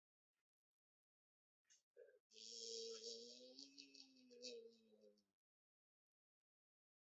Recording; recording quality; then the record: sustained vowel as in beet; excellent, no background noise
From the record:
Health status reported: exposed to COVID-19, no respiratory illness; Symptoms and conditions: diabetes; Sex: male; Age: 35 years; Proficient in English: yes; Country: India